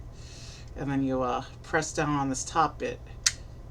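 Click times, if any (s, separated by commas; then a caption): 3.3 s. Someone talks while pressing down on the top trigger piece of the spring missile launcher on a Lego Star Wars Mandalorian's N-1 starfighter model. At 3.3 s a sharp click is heard as the locked plastic brick missile is released and shoots out of its launcher.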